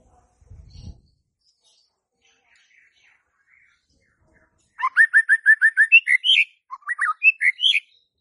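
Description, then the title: White-rumped shama song starting after nearly five seconds of near silence: a brisk run of repeated chipping notes, then rising whistled phrases; a brief low thump near the start. Lure to get a stressed or silent White-rumped shama singing. "PANCINGAN Murai Batu STRES & MACET"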